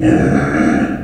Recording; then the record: squeal of a Yucatan mini pig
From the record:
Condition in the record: after surgery on the right vocal fold (resection and tissue-engineered implant); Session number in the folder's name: 3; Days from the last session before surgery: 21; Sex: female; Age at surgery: 19 weeks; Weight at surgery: 25 kg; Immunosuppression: prednisolone